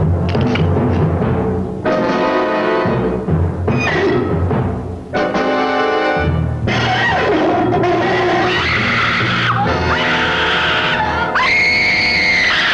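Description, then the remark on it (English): Loud, shrill screaming, said to come from a hot dog bitten and stepped on in the middle of Market Street, goes on almost without pause, rising and falling in long wailing bursts with strained, piercing harmonics. No talking is heard. “It screamed so loud that you could hear it all over town, so I had to throw it on the ground and step on it.”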